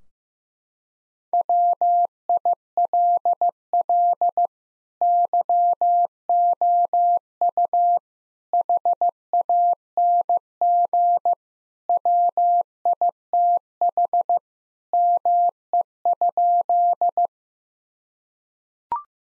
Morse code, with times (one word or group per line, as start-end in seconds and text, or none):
1.3-4.5 WILL
5.0-8.0 YOU
8.5-11.3 HANG
11.9-14.4 WITH
14.9-17.3 ME?